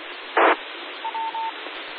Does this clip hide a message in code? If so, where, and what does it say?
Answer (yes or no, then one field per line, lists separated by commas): no